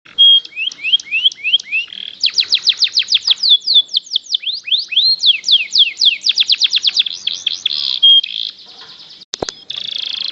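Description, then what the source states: Canary singing a series of repeated sweeping notes that come faster, then a sharp click and a buzzy roll. Champion singing canary.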